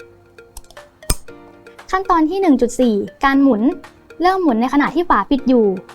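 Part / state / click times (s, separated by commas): clear base onto soft-mist inhaler body / seated / 1.1 s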